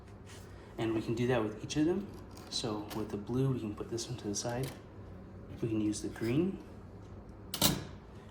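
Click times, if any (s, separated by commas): 7.5 s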